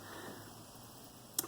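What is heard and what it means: On a knitting machine, the two parts of the locked second yarn feeder are pushed together to release its latch so it can be taken off the carriage rail. After low steady background noise, a single sharp tick sounds at 1.4 s. The latch releases and the feeder comes off.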